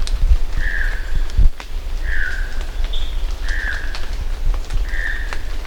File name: choco toucan